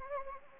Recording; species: mosquito wingbeat signal from an infrared sensor; Anopheles gambiae